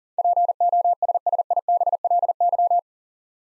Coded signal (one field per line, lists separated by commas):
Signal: Morse code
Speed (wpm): 40 wpm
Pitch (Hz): 700 Hz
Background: none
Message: POSSIBLY